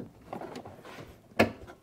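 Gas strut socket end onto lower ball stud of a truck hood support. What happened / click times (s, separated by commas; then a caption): The socket end snapped onto the ball stud / 1.4 s. The lower socket end of a gas strut hood support on a new Ford Bronco is pushed onto the ball stud at the bottom mount. A couple of small contact sounds come first, then a sharp, loud snap at 1.4 s as the socket seats onto the stud.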